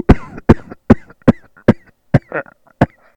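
A run of seven brief, sharp coughs, each an abrupt burst followed by a short fading tail, about two to three per second with slightly uneven spacing. The coughs are short and dry-sounding, with no wheeze or gurgle between them.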